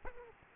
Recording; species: mosquito wingbeat signal from an infrared sensor; Aedes aegypti